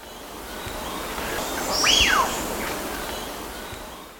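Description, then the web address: Wattled guan giving a single call, a swift upward glide into a high note that falls away again, alone against a constant hissing background. Recorded in Ecuador. "Birds of Ecuador. Wattled Guan"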